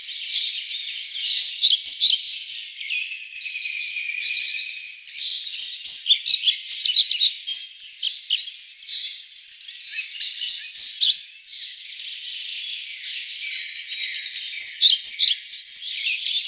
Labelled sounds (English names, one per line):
European Pied Flycatcher song